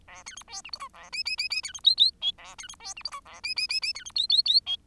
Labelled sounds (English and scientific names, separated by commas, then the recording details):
Bengalese Finch (Lonchura striata domestica) song
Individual Bird10